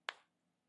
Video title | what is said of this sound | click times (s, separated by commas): Geekvape Aegis Boost Unboxing! | you hear that click should be good to go | 0.1 s